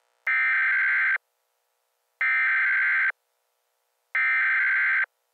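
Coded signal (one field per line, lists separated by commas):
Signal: Emergency Alert System (SAME) tones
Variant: header bursts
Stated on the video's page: Fictional EAS scenario remake, simulated alert.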